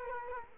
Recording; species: mosquito wingbeat signal from an infrared sensor; Culex quinquefasciatus